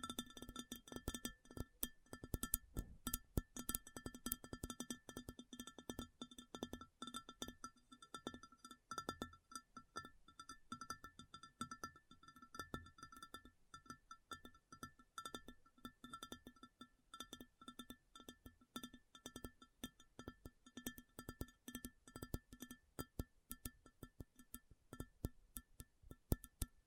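ASMR tapping: a dense, rapid stream of short taps runs the whole way through, irregular but constant in pace. Each tap has a sharp bright click over a dull thump, and a faint steady hum sits underneath.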